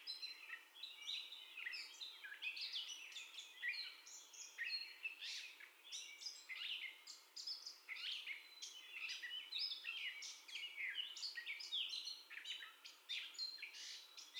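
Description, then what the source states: Gray catbird pouring out a continuous medley of squeaks, chatters and whistles, the phrases varied and closely spaced throughout. Gray catbird's first song heard, recorded 30 May 2021.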